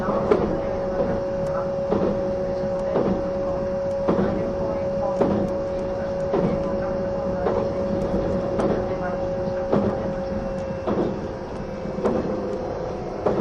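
Running sound of the E261 series Saphir Odoriko train: a steady rumble with a constant whine and rhythmic rail-joint clacks roughly every second.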